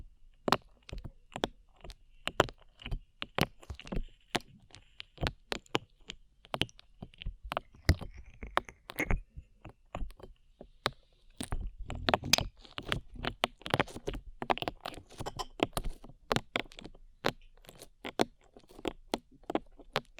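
Slime being squished and pressed, with dense, irregular clicks and pops scattered across the whole stretch. Sharp, bright crackles come in quick clusters, thickest around the middle and toward the end, over a faint, steady higher tone in the first half.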